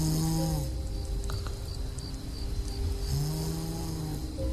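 Two low, rattling, droning snores from a sleeping adult; the sound is a sign of the body breathing with more effort than normal. For some people this is a minor, harmless condition; for others it is a symptom of obstructive sleep apnea, which can affect the heart, the brain and life in general.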